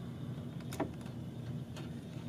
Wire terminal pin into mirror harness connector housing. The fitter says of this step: And you just want to verify on the other side of the connector that the pin is slid all the way up. It should lock into place.